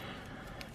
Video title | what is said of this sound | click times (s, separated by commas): Sentinel Buranki "Aube" Perfect Ver. Figure Review | There's actually a joint here that allows you to move it down, then it will click in place. | 0.6 s